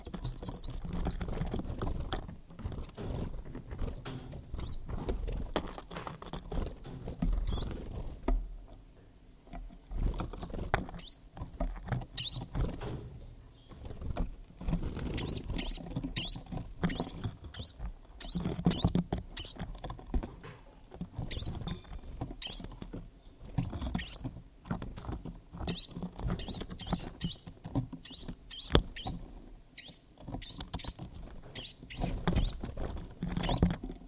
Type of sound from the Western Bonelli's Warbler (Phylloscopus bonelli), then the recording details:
song. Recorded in captivity. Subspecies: bonelli. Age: juvenile. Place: Zoologisches Institut Universität Tübingen, Baden-Württemberg, DE. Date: 1970-07-24. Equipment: Nagra III PH, MD 211, DP26. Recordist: Kleine and Killmaier. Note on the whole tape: Phylloscopus bonelli bonelli. Aurorazimmer: Jungtier weiß-gelb/rot: Jugendgesänge. Sonagramm